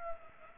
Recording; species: mosquito wingbeat signal from an infrared sensor; Culex pipiens